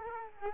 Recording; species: mosquito wingbeat signal from an infrared sensor; Culex quinquefasciatus